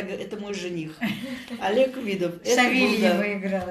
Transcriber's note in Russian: смеются